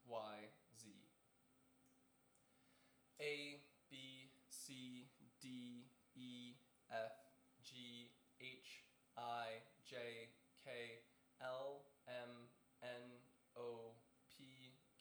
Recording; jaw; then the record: letters of the alphabet, spoken; free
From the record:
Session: seven days later